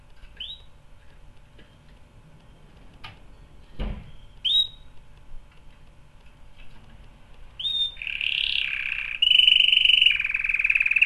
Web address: canary canary-sound